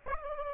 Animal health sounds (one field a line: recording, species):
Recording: mosquito wingbeat signal from an infrared sensor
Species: Aedes aegypti